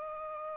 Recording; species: mosquito wingbeat signal from an infrared sensor; Aedes aegypti